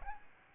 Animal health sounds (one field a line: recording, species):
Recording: mosquito wingbeat signal from an infrared sensor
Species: Aedes albopictus